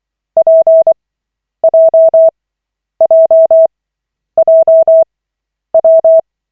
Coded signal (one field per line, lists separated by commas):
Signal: Morse code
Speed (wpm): 24 wpm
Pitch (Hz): 650 Hz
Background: none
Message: PJJJW